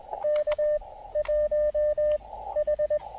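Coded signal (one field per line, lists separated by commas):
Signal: Morse code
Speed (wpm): 20 wpm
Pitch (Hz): 590 Hz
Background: radio noise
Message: K1H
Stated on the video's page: Morse from a park activation in Québec on 20, 30, 17 and 15 metres with an Elecraft KX2 and Tufteln end-fed random wire antenna.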